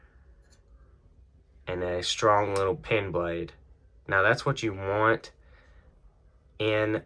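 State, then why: Not seated. Someone talks while handling the small pen blade of a slipjoint pocket knife, a steel blade on a backspring in the frame of a folding knife. The clip ends before the blade snaps into place, so nothing has seated or clicked yet.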